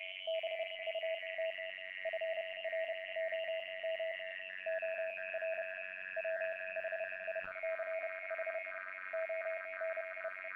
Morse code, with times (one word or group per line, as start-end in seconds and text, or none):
0.3-1.5 BUT
2.1-4.1 FROM
4.7-5.6 OR
6.2-8.6 WHICH
9.1-10.3 ONE